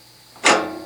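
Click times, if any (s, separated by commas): 0.5 s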